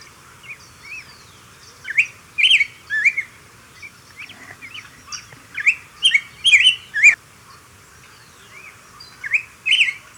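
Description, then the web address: Southern yellow grosbeak singing a broken series of short chirps and slurred notes in bursts, busiest between two and seven seconds, over a soft steady background hiss. Recorded in Ecuador. "Birds of Ecuador Southern Yellow Grosbeak"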